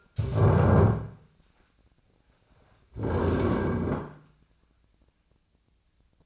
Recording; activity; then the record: daily activity, microphone in the room; stand up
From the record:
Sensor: 2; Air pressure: 1009.1 hPa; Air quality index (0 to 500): 173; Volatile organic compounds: 2 ppm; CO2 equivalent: 1264 ppm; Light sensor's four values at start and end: 32/85/36/38 and 33/87/37/39